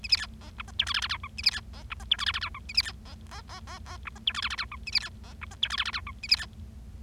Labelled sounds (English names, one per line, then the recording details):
Bengalese Finch song
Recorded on 25 March 2012 at 19:15
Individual gy6or6